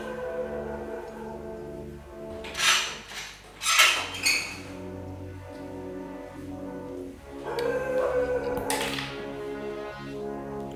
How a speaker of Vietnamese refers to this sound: Mở cánh cửa ra lại nhé.